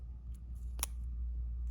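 A plastic cap is pushed back onto a permanent marker and snaps on with a sharp click at 0.8 s, seating the cap. Fainter ticks come at about 0.4 s and 1.7 s over a steady low hum.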